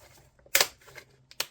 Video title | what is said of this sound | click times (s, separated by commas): Repairing a Junk Laptop to Give Away - HP G62 from 2010! | where there are clips left anyway, it will click into place. | 0.6 s, 1.4 s